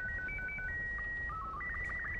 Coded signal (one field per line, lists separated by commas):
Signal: SSTV (slow-scan television)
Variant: Robot 36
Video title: Swelter hidden SSTV signal